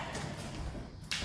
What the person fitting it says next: Okay, now I heard a click.